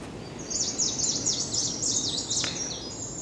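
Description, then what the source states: Bird song: a quick run of many high, thin notes ending in a sustained high tone, over a soft low background rumble. Song recorded in Vlaardingen.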